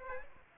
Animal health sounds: mosquito wingbeat signal from an infrared sensor; Aedes aegypti

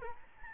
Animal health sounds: mosquito wingbeat signal from an infrared sensor; Aedes albopictus

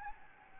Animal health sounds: mosquito wingbeat signal from an infrared sensor; Anopheles gambiae

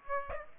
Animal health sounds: mosquito wingbeat signal from an infrared sensor; Aedes aegypti

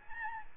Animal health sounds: mosquito wingbeat signal from an infrared sensor; Aedes albopictus

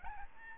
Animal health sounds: mosquito wingbeat signal from an infrared sensor; Aedes albopictus

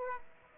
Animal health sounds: mosquito wingbeat signal from an infrared sensor; Aedes aegypti

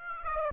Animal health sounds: mosquito wingbeat signal from an infrared sensor; Aedes aegypti

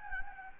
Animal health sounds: mosquito wingbeat signal from an infrared sensor; Anopheles gambiae

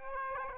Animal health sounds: mosquito wingbeat signal from an infrared sensor; Aedes aegypti

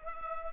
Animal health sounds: mosquito wingbeat signal from an infrared sensor; Culex pipiens

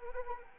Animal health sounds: mosquito wingbeat signal from an infrared sensor; Anopheles arabiensis

